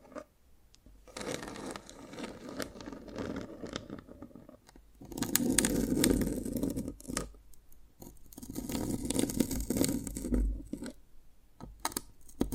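Dalgona candy being tapped and cracked, with crisp, crackly bursts and scraping that come in dense clusters. Activity starts soft, swells around five seconds into louder crunchy stretches, eases briefly near seven seconds, then continues in irregular bursts to the end.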